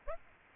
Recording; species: mosquito wingbeat signal from an infrared sensor; Aedes aegypti